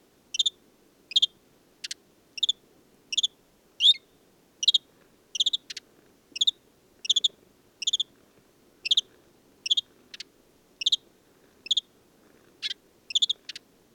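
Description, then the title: Desert sparrow repeating a short chirped phrase at a steady, fast rate, evenly spaced, in an otherwise quiet setting. Male perched atop an acacia, Oasis de Mayateg, Mauritania, 22 February 2019, no wind; song of twitters, trills and inventions recalling Common Linnet; parabolic dish, MixPre-3 recorder. "Le Moineau blanc du désert - Mauritanie"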